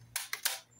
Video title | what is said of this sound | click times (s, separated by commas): Test M4 lMG | sampai dengan bunyi klik dan next kita akan tembak kena. | 0.2 s